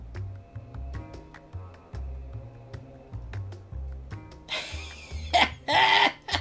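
Three harsh, loud coughing bursts near the end, a big, massive cough after smoking, heard over steady rhythmic background music.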